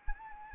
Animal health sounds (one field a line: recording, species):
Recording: mosquito wingbeat signal from an infrared sensor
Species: Anopheles arabiensis